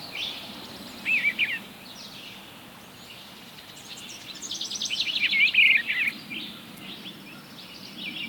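Eastern bluebird song: a brief warbled phrase early, then a longer series of burry, slurred notes later, with faint background hiss.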